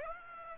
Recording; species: mosquito wingbeat signal from an infrared sensor; Aedes aegypti